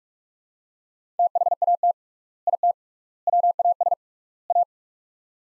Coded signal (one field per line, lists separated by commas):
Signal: Morse code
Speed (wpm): 46 wpm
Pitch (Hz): 700 Hz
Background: none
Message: THAT IT WAS A